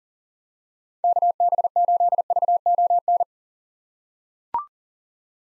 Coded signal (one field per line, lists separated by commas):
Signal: Morse code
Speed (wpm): 37 wpm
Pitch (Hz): 700 Hz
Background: none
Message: KB8VON